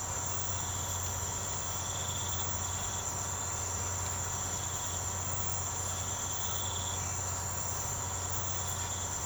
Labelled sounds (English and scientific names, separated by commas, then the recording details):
none
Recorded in secondary vegetation near Puerto Asís, Putumayo, Colombia, on 24 March 2025 at 05:00
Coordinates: 0.468, -76.324
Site G059